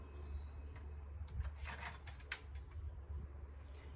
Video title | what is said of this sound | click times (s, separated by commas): How to install Lokklatch Deluxe on double gates | did you hear that click | 2.3 s